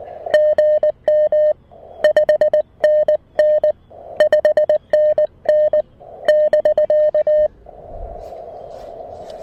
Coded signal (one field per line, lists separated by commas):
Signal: Morse code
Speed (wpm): 19 wpm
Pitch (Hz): 590 Hz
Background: none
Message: GM 5NN 5NN <BK>